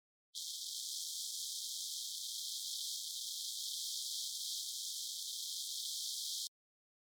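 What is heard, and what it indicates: Simulated atonal tinnitus: a steady, toneless high-frequency hiss with energy confined to roughly 3 kHz and above. It holds an even loudness for about six seconds and has no distinct pitch or pulsing.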